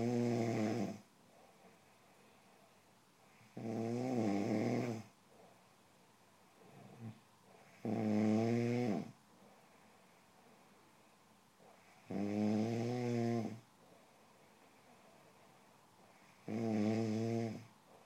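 Five loud, rattling snores with quiet pauses between, about 14 a minute, fairly regular: ordinary snoring.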